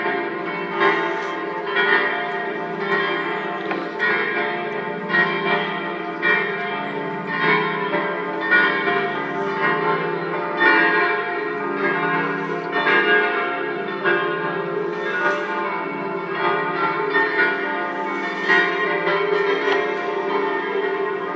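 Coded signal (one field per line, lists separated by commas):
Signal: bell signal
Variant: distesa, five swinging bells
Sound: several church bells swinging freely, overlapping peals continuously for twenty seconds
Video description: distesa delle cinque campane minori mezz' ora prima della messa delle 09:30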